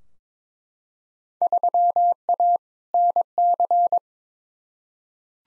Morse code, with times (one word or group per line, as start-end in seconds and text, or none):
1.4-2.6 3A
2.9-4.0 NC